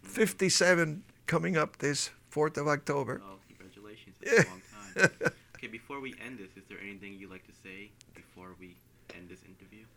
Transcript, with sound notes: Fifty‑seven coming up this fourth of October.
Oh, Congratulations. That's a long time. (laughs) O.K., before we end this, is there anything you'd like to say before we end this interview?